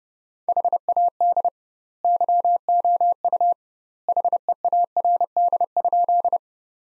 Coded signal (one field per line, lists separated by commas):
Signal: Morse code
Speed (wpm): 32 wpm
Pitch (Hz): 700 Hz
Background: none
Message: HAD YOU HEARD?